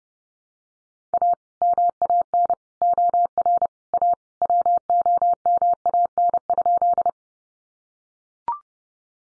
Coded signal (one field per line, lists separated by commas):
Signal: Morse code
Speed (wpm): 30 wpm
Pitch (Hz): 700 Hz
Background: none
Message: A MAN OR A WOMAN?